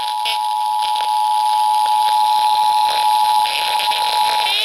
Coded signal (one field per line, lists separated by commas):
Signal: Emergency Alert System (SAME) tones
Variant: 853 and 960 Hz attention tone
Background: music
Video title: STREAMING SERVICES... EAS Alerts from 9/8/21 (EAS #6,294 - 6,315)